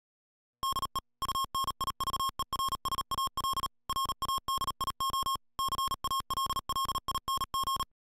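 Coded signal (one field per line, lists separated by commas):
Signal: Morse code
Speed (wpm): 37 wpm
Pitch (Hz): 1080 Hz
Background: music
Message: DE UNIVERSAL RADIO CALLING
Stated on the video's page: Heard during a field demonstration of the Yaesu ATAS-25 portable all-band antenna on a Jeep excursion.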